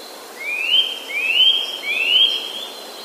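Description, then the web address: Eurasian nuthatch song: three clear, drawn-out rising whistles in quick succession, each sliding upward, over a soft background hiss. "wroblowe kolekcja kowalik"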